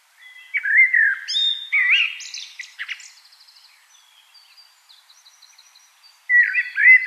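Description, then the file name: Common blackbird song: a mellow warbled phrase breaks into a high twitter, then a faint thin trill, and a new fluty phrase starts near the end. "Turdus merula"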